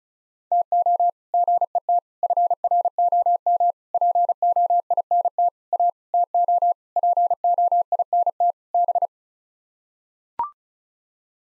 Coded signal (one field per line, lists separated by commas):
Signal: Morse code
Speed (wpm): 34 wpm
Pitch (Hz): 700 Hz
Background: none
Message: TO GET FROM POINT A TO POINT B